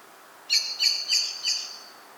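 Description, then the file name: Common blackbird calling with four sharp metallic chinks in quick succession, each note bright and ringing, then quiet. "Turdus merula"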